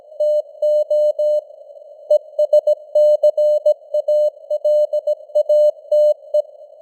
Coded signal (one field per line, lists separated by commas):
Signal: Morse code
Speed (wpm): 17 wpm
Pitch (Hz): 600 Hz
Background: none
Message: TO ESCALATE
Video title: Morse Code News | 2025-11-27 | 17wpm